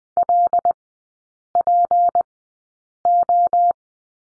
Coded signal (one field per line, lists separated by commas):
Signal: Morse code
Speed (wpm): 20 wpm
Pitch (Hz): 700 Hz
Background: none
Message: LPO